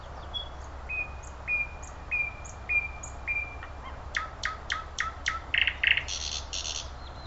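Thrush nightingale song over steady background hiss: several evenly spaced flat whistles, then a series of loud clicking notes and a harsh buzzy burst.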